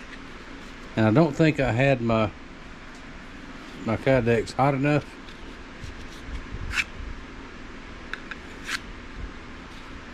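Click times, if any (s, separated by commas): none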